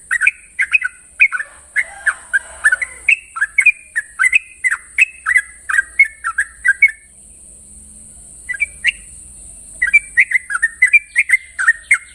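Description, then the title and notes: Yellow-vented Bulbul song: quick bubbling notes for about seven seconds, a pause, then the rapid series resumes; a steady high hiss runs throughout. Training master of long-trill singing, a song style called ropel panjang. "Masteran Trucukan Ropel Panjang. Kicau Burung Trucukan"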